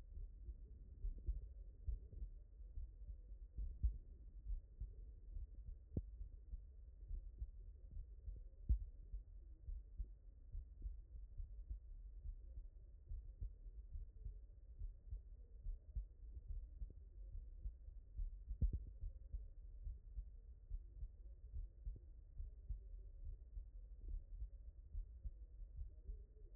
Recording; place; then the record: heart sounds by stethoscope; mitral valve (MV)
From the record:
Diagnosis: HFrEF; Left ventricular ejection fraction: 39%